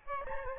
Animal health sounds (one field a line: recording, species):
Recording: mosquito wingbeat signal from an infrared sensor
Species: Aedes albopictus